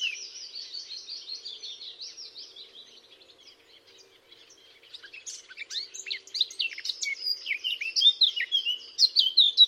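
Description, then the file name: Eurasian blackcap singing, a soft, chattering warble that fades briefly, then swells into a louder, rich flourish of whistled, fluty phrases. "Sylvia atricapilla"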